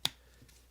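A plastic battery cover is pushed back onto the housing of a 2022–2024 Chevy Silverado key fob, one end pressed down first, then pressed along the top and sides until it is sealed. A single sharp snap is heard at 0.0 s, followed by quiet handling. The cover is seated.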